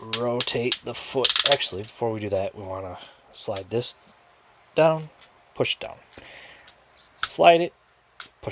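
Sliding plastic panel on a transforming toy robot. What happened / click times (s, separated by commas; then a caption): The plastic part snapped into place / 8.2 s. Someone talks while transforming a plastic Transformers Studio Series Ultra Magnus toy robot, sliding a plastic panel down and pushing it into place. One sharp click is heard at 8.2 seconds as the part seats.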